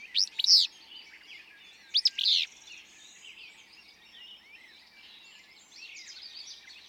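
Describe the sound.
Willow flycatcher song: two sharp, sneezy buzzy phrases in the first few seconds, then a soft background of other birds twittering.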